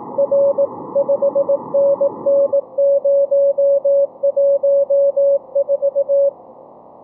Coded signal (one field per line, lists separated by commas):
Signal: Morse code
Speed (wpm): 18 wpm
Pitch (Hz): 560 Hz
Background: none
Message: R 5NN014